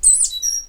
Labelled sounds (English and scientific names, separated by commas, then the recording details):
Stitchbird (Notiomystis cincta) song
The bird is a male
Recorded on Tiritiri Matangi Island, New Zealand, in 2005
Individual 8, of nest box 10